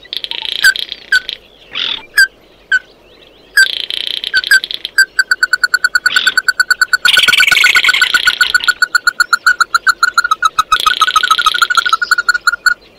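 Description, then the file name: Bird calls: buzzy bursts and sharp single notes give way to a long rapid series of repeated clipped notes with a rasping trill over them. "Tieng chim mat do"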